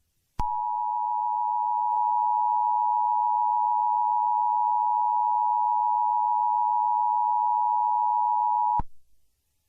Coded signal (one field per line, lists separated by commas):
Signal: Emergency Alert System (SAME) tones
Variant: 853 and 960 Hz attention tone